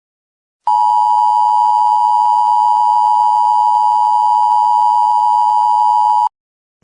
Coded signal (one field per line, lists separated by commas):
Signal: Emergency Alert System (SAME) tones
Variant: 853 and 960 Hz attention tone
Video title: THE VODKA KING EAS SCENARIO